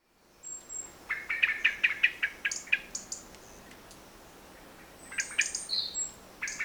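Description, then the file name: Eurasian blackbird giving a quick series of sharp, clicking calls, then a pause and another burst, with a thin high whistle above. "Turdus merula"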